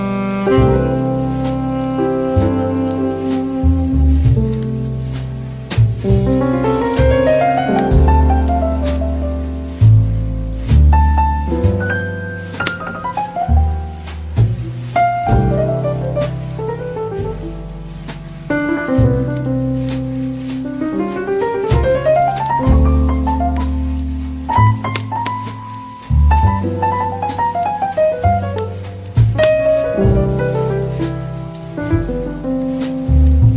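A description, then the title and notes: Soft jazz plays steadily over a crackling fireplace. A warm bass line and sustained chords carry it, with melodic runs climbing and falling every few seconds. Quick pops and crackles sprinkle through the whole clip, bright and irregular behind the music. Soft Light Jazz & Cozy Crackling Fireplace.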